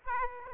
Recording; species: mosquito wingbeat signal from an infrared sensor; Aedes aegypti